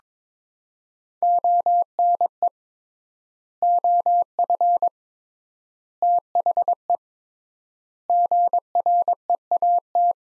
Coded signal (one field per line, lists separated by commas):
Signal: Morse code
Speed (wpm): 21 wpm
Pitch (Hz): 700 Hz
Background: none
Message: ONE OF THE GREAT